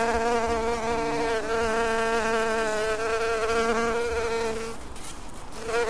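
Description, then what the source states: Bumblebee buzz, a steady low droning hum that wavers slightly in pitch, fades briefly near the end, then resumes. Black bumblebee, recorded 16 April 2010.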